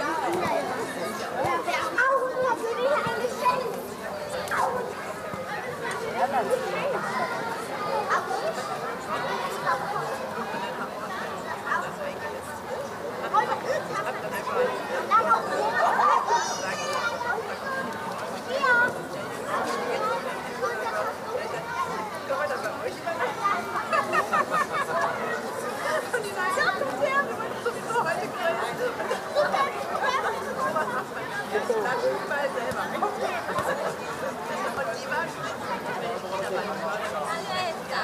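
A summer evening in Berlin, filled with a steady murmur of many overlapping voices talking at once. The chatter stays dense and even throughout, with occasional louder words or laughs rising briefly, such as around sixteen seconds, over a constant low hum.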